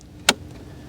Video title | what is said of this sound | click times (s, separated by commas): 2007 - 2016 Honda CR-V Cabin Air Filter Replacement! DIY Easy!!! | And then we can put this cover back on. Just snaps in place. | 0.3 s